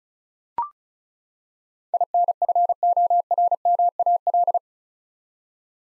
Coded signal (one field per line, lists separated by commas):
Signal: Morse code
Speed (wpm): 34 wpm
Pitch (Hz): 700 Hz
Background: none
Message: INFORMAL